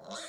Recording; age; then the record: pig call; piglet (1 to 25 days)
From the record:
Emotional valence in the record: negative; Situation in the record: long isolation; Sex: male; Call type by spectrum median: low-frequency call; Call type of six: mixed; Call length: 0.29 s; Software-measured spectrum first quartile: 794 Hz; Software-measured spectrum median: 2345 Hz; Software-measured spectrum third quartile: 5122 Hz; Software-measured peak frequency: 660 Hz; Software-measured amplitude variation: 70 dB a second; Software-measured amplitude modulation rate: 12.2 a second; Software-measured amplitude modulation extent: 5.7 dB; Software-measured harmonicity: 0.9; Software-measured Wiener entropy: -2.49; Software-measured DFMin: 546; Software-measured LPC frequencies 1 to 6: 654, 1376, 1944, 3797, 5488, 6834 Hz